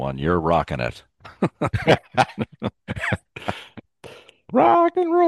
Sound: laughs

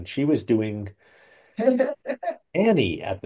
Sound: laughs

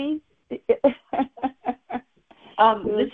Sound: laughs

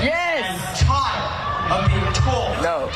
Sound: cheers and applause

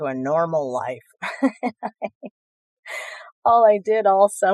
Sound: laughs

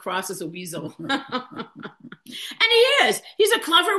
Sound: laughs

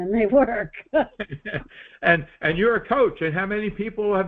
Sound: laughs

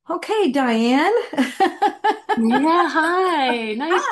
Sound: laughs

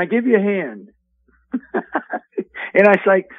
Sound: laughs

